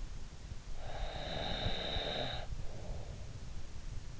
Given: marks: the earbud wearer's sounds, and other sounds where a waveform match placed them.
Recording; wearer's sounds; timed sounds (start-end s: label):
sounds in sleep by an in-ear microphone; snoring breath
0.59-3.25 s: snoring breath